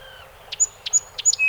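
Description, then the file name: Song sparrow song fragment: a falling whistle, then three short bursts each followed by a thin high whistle, and a final lower note. 48 songs, 7 June 2018. "2018-06-07 Song Sp 48 Songs"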